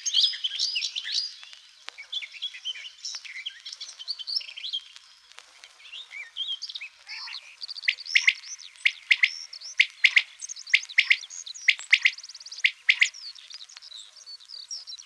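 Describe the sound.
Garden Warbler song: a long, rapid, high warbling stream of varied chirps and trills.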